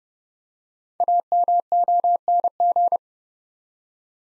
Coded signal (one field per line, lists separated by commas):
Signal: Morse code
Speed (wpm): 30 wpm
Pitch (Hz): 700 Hz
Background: none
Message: AMONG